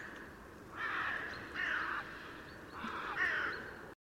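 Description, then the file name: Carrion crow giving three hoarse, harsh caws spaced about a second apart, the last one longer and slightly broken, over a steady low background hiss. "Corvus corone"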